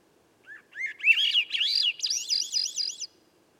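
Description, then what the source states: Swainson's thrush singing one upward-spiralling phrase, climbing from low fluty notes to quick, wavering high notes before stopping abruptly. At dusk by a campsite, 3 m up in a red alder ~9 m away at a cut clearing's edge among young western hemlock and redcedar; other birds silent; 15-minute performance; MixPre6, Pluggy microphone.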